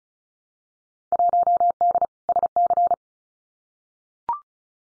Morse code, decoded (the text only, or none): 1D SC